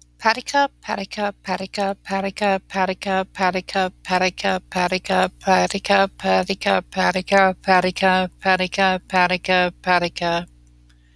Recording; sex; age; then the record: repeated syllables /pa ta ka/; female; 30 to 39 years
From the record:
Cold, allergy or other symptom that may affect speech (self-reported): no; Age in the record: 37 years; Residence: Kansas, United States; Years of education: 13